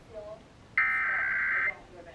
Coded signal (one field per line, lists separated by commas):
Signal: Emergency Alert System (SAME) tones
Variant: header bursts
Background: speech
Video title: National EAS Test in PA